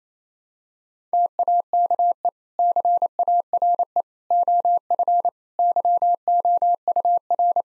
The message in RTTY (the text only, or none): none